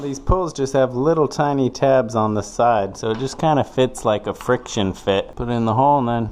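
A round flush-mount metal pull with small tiny side tabs is handled by hand at a Forstner-bored hole in a wooden sliding closet door, ready to be pressed in as a friction fit. Someone talks throughout. The clip ends before the pull goes home, and nothing has seated or clicked yet.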